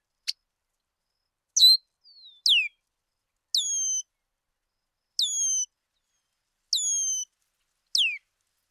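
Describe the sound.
Bird calls: high whistles, some falling steeply and others level with a drawn-out tail, after an opening sharp click.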